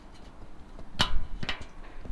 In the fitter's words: till you hear it click like